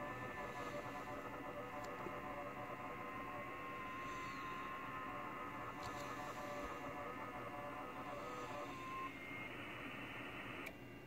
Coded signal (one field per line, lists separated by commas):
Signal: FT8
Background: speech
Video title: Z81D, South Sudan, AFRICA, FT8, Worked by HL2WA